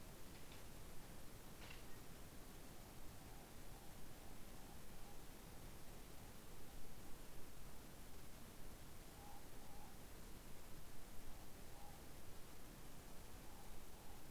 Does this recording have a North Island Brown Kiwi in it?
no